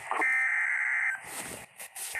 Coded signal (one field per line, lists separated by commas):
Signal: Emergency Alert System (SAME) tones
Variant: header bursts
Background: speech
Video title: Severe Thunderstorm Warning EAS#133